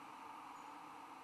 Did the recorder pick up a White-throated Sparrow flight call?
no